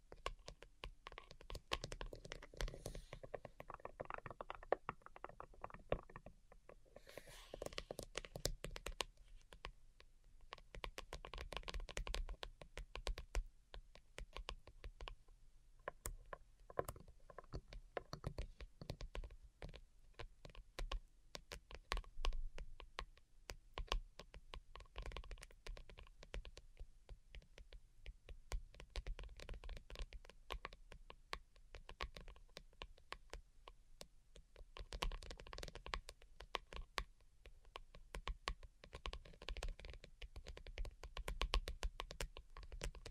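Delicate tapping runs continuously for the whole clip, with quick, light, crisp taps in a dense, uneven patter much like fingers on a keyboard. It has slightly busier bursts near the start and around the middle.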